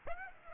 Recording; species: mosquito wingbeat signal from an infrared sensor; Aedes aegypti